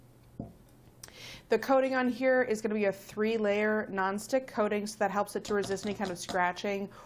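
The folding handle of a GSI Outdoors 8-inch camping frying pan is pressed in and swung from its stored position out to its usable position, locking into place at the back with sharp clicks at 1.0 s and 1.1 s. Someone talks after the clicks.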